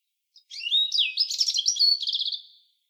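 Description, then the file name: European robin song phrase, a thin high warble of sliding whistles building into a fast trilled rattle, then fading out against silence. "Erithacus rubecula"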